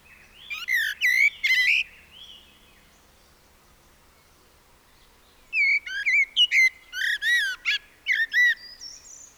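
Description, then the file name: Common blackbird song in two bursts: a short, squeaky warbled phrase, a quiet gap of several seconds, then a longer run of fluting and high twittering notes. "Turdus merula"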